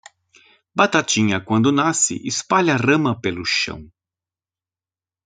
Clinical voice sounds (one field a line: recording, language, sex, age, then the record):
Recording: short text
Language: Brazilian Portuguese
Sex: male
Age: 50 to 59 years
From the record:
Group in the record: control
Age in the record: 54 years